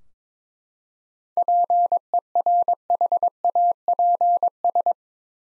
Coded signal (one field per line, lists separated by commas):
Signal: Morse code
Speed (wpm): 22 wpm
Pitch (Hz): 700 Hz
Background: none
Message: PERHAPS